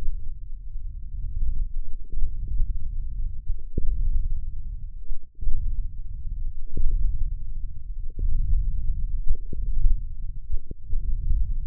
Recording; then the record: forearm muscle sounds (acoustic myography)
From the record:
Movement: hand opening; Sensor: system 1, eight BSWA MPA416 microphones around the upper forearm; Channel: 6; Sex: male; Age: 28 years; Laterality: right